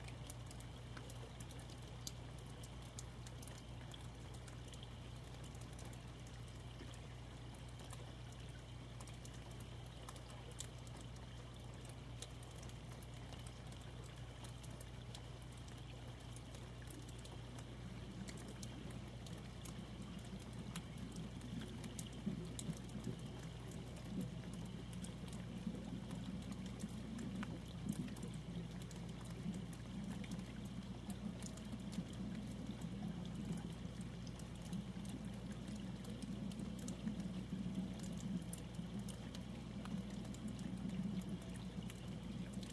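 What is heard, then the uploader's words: Raindrops tap and drip from a roof in a steady, scattered patter over a constant low hum. From about eighteen seconds a deep rumble swells in, like a car or thunder, and grows slightly louder through to the end. End of the Rainstorm before Dawn. Raindrops from the roof, the occasional passing car, and slow roll of thunder.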